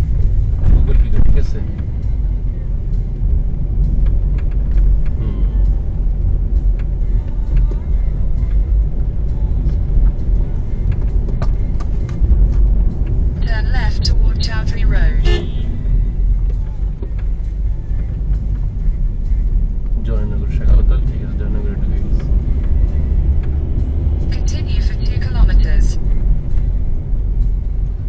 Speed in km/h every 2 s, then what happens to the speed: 20, 26, 31, 31, 33, 36, 38, 34, 18, 19, 18, 33, 38, 30.
0-12 speeds up to 38. 12-16 brakes to 18. 20-24 speeds up to 38. 25-28 brakes to 30.